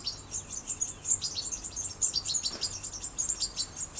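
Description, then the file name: European goldfinch calling with dense, tinkling high twitters that run together almost without pause, over a soft background hiss. "Carduelis carduelis"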